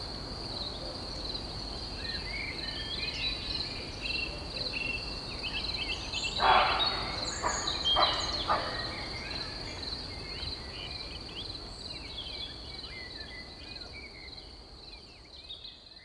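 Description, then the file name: Cricket chirping in a continuous high, buzzy trill throughout, with a few brief louder noisy bursts near the middle. "druc drac - vues lumiere - grillons"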